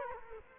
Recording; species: mosquito wingbeat signal from an infrared sensor; Culex quinquefasciatus